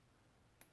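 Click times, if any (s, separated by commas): 0.6 s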